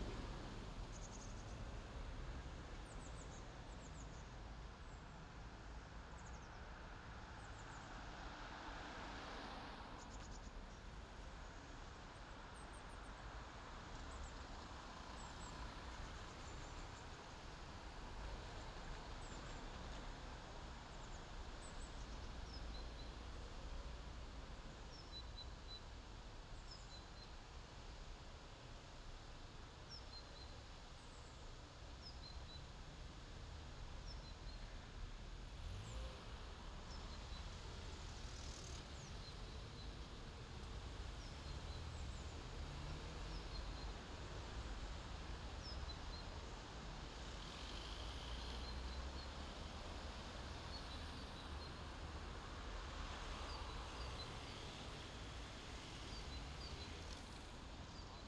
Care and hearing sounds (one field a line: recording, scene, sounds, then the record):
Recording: everyday scene through a hearing-aid microphone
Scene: in traffic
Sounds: traffic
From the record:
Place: main city hub, rush hour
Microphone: in the ear canal, left